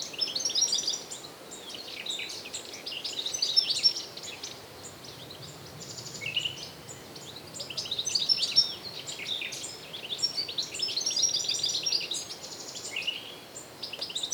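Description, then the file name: European goldfinch calls, a lively liquid twittering of quick high chirps in bursts that swell and fade. "Carduelis carduelis"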